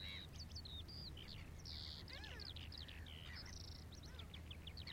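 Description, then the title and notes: Eurasian skylark song of quick, varied high twitters and buzzy phrases over background rumble. Recorded at Ternery Pool on 13 March 2012; skylark singing opens the track. "Ternery Pool, 13th March 2012 This track starts with skylark singing"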